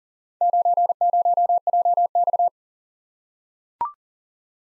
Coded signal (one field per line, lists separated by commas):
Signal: Morse code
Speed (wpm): 38 wpm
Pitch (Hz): 700 Hz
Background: none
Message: 90JX